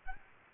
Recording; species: mosquito wingbeat signal from an infrared sensor; Aedes aegypti